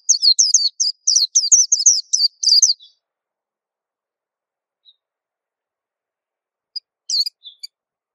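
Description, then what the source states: White-eye singing a fast burst of high, slurred twittering notes for nearly three seconds, then near silence with a few faint chips and a brief short phrase. Song described as melodious and long.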